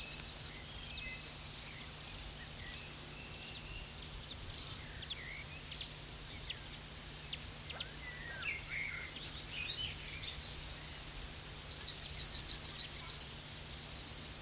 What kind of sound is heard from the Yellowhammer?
song